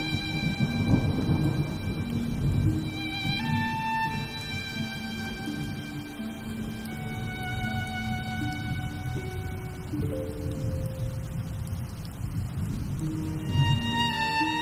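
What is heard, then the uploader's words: A soundtrack piece with rain: sustained tones shift to new pitches every few seconds over a steady, dense rain-like hiss and a low rumbling wash. Loudness stays fairly even, swelling slightly near the start and end. Original sound tracks with rain.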